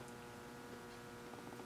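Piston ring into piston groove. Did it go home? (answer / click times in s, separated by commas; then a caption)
no / none. A steel piston ring on a model engine is being pushed up slowly from inside the cylinder toward its groove on the piston, with only a steady low hum and faint handling noise heard. Nothing has seated or snapped into the groove yet.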